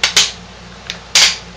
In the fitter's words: snap on did you hear that